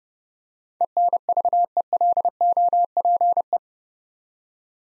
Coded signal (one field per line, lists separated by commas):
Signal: Morse code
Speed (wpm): 30 wpm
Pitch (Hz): 700 Hz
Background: none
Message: ENVELOPE